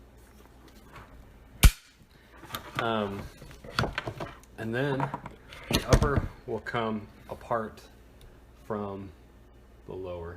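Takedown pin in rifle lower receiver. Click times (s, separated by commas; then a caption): 1.6 s. A takedown pin in an AR-15 rifle's lower receiver is tugged out until it clicks at 1.6 s and stops at its detent, releasing it so the upper can separate from the lower. Someone talks throughout, and a few smaller handling knocks follow between about 2.5 and 4.4 s.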